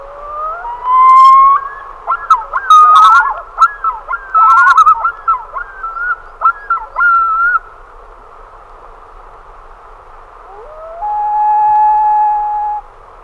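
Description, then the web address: Common loon calling a rapid series of repeated looping notes for several seconds, then a pause before a rising, long-held wailing note. "great northern loon"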